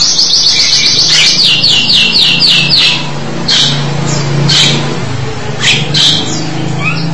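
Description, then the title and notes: Starling song: a fast string of high, falling whistles for three seconds, then scattered sharp notes and an upward whistle over a low steady hum. "suara burung jalak"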